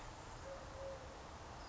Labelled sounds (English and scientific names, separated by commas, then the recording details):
Eurasian Collared Dove (Streptopelia decaocto)
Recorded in Sonoma County, California